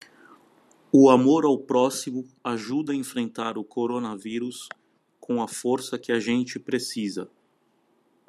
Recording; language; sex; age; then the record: spoken sentence; Brazilian Portuguese; male; 30 to 39 years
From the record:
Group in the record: control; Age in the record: 31 years